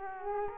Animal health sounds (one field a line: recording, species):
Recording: mosquito wingbeat signal from an infrared sensor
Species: Culex quinquefasciatus